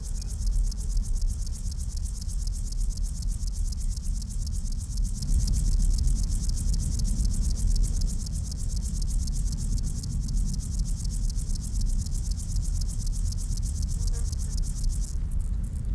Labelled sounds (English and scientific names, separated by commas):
Upland Field Grasshopper (Chorthippus apricarius) stridulation